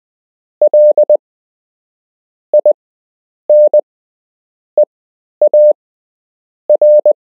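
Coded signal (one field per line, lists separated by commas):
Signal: Morse code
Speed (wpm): 20 wpm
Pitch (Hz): 600 Hz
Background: none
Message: LINEAR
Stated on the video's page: Morse code lesson for beginners with structured practice.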